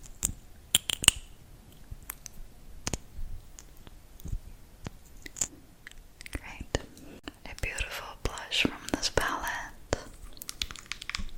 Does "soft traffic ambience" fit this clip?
no